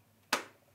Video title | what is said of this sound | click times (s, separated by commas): Arai Corsair V Helmet Review Part 3 from SportbikeTrackGear.com | in loud audible click cheek pad is locked in | 0.3 s